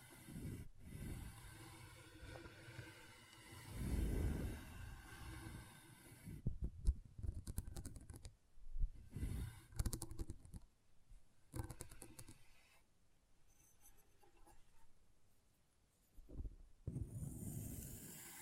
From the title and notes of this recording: ASMR Intense Magnetic Tingles (No Talking).